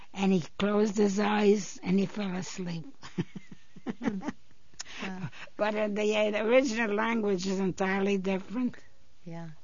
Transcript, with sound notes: And he closed his eyes and he fell asleep. (she laughs)
Wow.
But in the original language is entirely different.
Yeah.